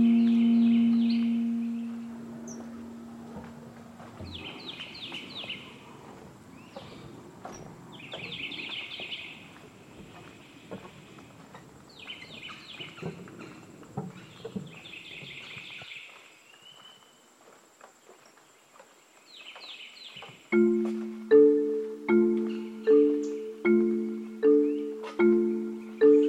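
Birds chirp in short bright clusters every few seconds over a soft, rustling swamp background in the Lettuce Lakes cypress grove, after a low steady hum fades in the first four seconds. From about twenty seconds, a loud call repeats in regular pulses to the end.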